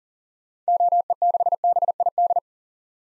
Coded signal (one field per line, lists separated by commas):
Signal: Morse code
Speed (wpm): 40 wpm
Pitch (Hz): 700 Hz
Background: none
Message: OE6BID